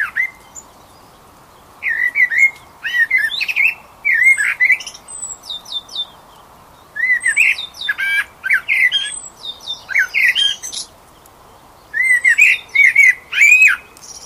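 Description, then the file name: Eurasian blackbird calls: persistent runs of harsh, clucking squawks and sharp high clicks, delivered in fast irregular bursts with brief pauses, above soft background hiss. "Turdus merula"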